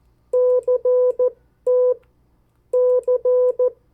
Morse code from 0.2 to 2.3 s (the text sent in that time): CT